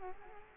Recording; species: mosquito wingbeat signal from an infrared sensor; Culex quinquefasciatus